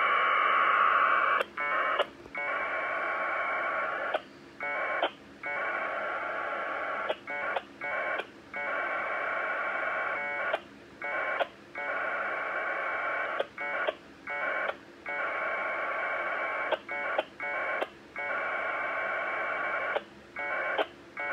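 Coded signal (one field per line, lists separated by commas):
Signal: packet radio (AX.25, as in APRS)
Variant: 1200 baud Bell 202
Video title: NinoTNC N9600A - 1200 Baud Bell 202 AX25 Winlink Client Test - W8CMN Mi7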